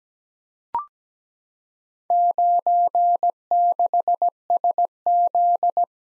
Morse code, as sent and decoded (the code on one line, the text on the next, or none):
----. -.... ... --..
96SZ